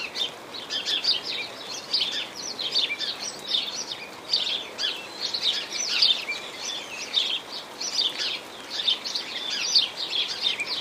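Sparrows chirping: many overlapping short chirps in busy bursts throughout, over a steady hiss that sounds like rain.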